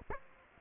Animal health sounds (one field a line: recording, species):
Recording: mosquito wingbeat signal from an infrared sensor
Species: Aedes aegypti